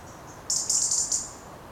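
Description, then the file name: European robin producing one brief, very high, sizzling trilled burst in a few quick pulses against a soft background hiss. "Erithacus rubecula"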